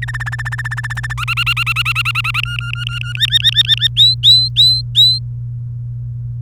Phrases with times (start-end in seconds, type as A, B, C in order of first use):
0.02-1.14 A, 1.18-2.41 B, 2.43-3.13 C, 3.15-3.88 D, 3.97-5.19 E